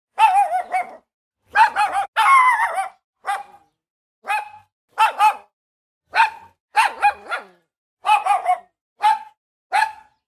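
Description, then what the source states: Dog barking sharply in irregular bursts of single and doubled barks, about a dozen over ten seconds, with quiet gaps between. Small dog barking angrily.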